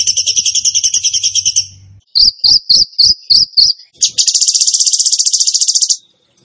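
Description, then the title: Bird song in three parts: a high pulsed trill, then six separate sharp chirps, then a fast, steady buzzy trill. Masteran training recording of bird song in the tembakan gacor style. "Masteran Burung Tembakan Gacor"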